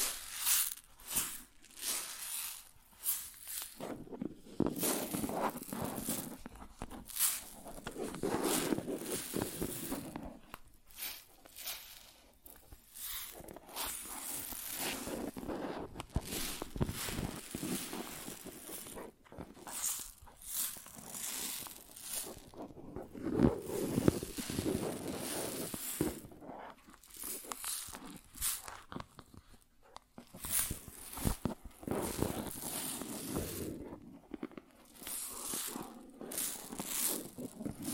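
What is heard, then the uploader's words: Grains are shifted and poured in an ASMR-style session, giving a dense, gritty rustle that swells and fades in uneven waves. Bright, crisp crunching dominates, broken by brief near-silent gaps every few seconds, with louder bursts around 8, 24 and 35 seconds. ASMR Grain Sounds (No Talking).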